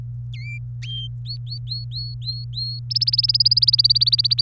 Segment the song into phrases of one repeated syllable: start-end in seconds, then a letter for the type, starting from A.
0.34-0.58 A, 0.83-2.80 B, 2.90-4.41 C